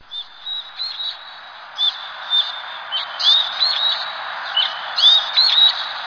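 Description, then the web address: Bird calling with short high chirps and thin whistled notes, irregular and bunched, some rising or slurred, over a steady soft background hiss. Higashiosaka, Japan. "higashiosaka bird koe"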